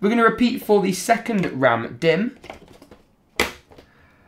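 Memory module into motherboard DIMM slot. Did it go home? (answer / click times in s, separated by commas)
yes / 3.4 s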